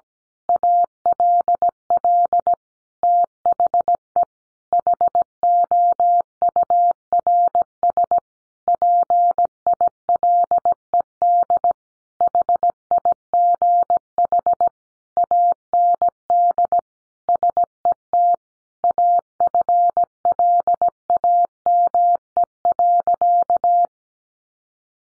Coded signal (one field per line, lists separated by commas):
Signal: Morse code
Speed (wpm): 17 wpm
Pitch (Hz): 700 Hz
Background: none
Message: ALL THE HOURS PILED HIGH AND SET AFLAME.